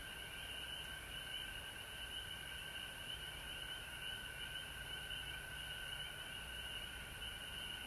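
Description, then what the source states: Chorus of frogs, an even, ceaseless high trill layered over a steady lower hum, with no pauses. Frogs recorded at home in Georgia on March 19, 2020.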